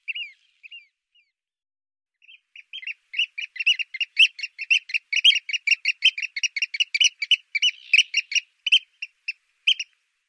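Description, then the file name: Eurasian oystercatcher calls, a few sharp piping notes followed by a lively burst of rapid, shrill peeps that loosens into spaced notes. "scholekster"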